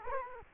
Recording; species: mosquito wingbeat signal from an infrared sensor; Culex quinquefasciatus